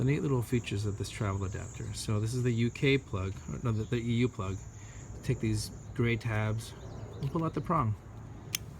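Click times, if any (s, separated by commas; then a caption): 8.6 s. Someone talks while pressing the gray tabs on a plastic Mogics Power Donut travel adapter, with UK and EU plugs, and pulling a fold-out plug prong out, with a steady high-pitched tone running underneath. At 8.6 s a single sharp snap is heard as the prong locks into its extended position and seats.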